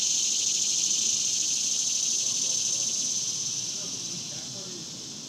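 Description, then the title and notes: A cicada chorus keeps up a shrill pulsing drone that gradually fades in loudness. Daytime, outdoors in a cemetery, summer. "Ext, Daytime Cicadas, Cemetery, Summer"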